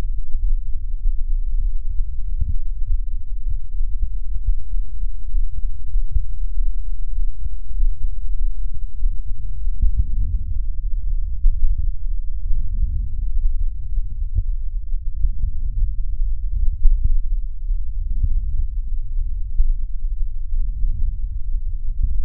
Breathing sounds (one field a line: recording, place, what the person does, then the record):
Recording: lung sounds by stethoscope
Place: right posterior apical chest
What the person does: quiet breathing, then deep breathing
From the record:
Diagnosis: interstitial lung disease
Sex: female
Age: 70 years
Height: 160 cm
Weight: 93 kg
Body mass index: 36.3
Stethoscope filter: bell mode